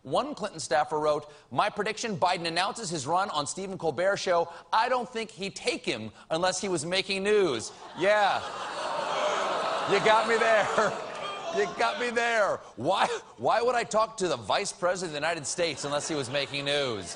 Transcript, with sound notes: One Clinton staffer wrote, my prediction - Biden announces his run on Stephen Colbert's show. I don't think he'd take him unless he was making news. Yeah.
(LAUGHTER)
You got me there. You got me there. Why would I talk to the vice president of the United States unless he was making news?